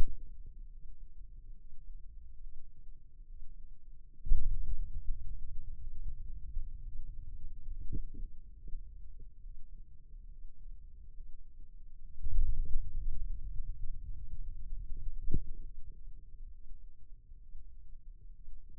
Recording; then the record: forearm muscle sounds (acoustic myography)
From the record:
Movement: ulnar deviation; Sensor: system 2, bracelet of six BSWA MPA416 microphones around the upper forearm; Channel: 6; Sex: male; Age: 22 years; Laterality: right